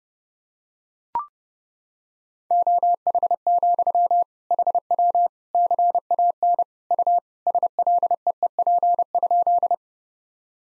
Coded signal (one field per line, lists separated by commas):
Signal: Morse code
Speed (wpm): 32 wpm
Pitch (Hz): 700 Hz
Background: none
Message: OH, HW CAN U SLEEP?